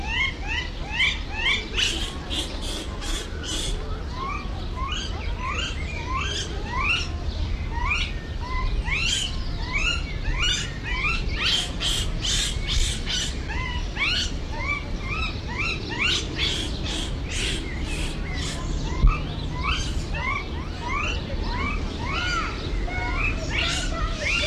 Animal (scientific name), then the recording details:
Macaca fuscata. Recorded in captivity. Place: Zoo Berlin, Berlin, DE. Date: 1994-05-07. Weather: heiter, 12-18°C. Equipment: Marantz CP 430, Sennheiser ME 80, Kopie Uher Variocord 263. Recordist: Tembrock, Günter. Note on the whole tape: Laute eines Tieres nach Fütterung (nicht zu sehen)